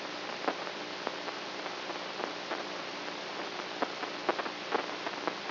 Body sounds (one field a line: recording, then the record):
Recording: brain microelectrode recording played as sound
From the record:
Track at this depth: outside the subthalamic nucleus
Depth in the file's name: 5.001 mm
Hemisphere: right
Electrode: 3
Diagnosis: Parkinson's disease